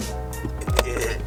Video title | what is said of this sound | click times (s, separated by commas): Replacing “DIRTY” Cabin Filter On Kats F30 | hear that click after | 0.8 s